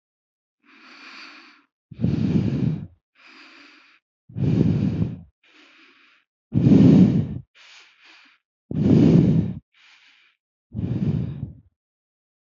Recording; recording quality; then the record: shallow breathing; excellent, no background noise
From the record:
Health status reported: respiratory illness, not identified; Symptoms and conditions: asthma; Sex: female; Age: 27 years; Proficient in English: yes